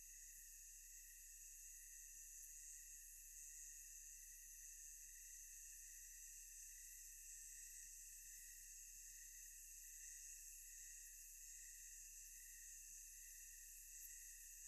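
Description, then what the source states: Insects in a continuous, layered tonal hum, high whining bands holding steady throughout. Ambience of thick, tonal insect sounds.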